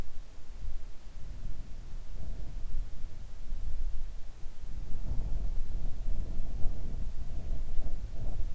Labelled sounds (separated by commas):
wind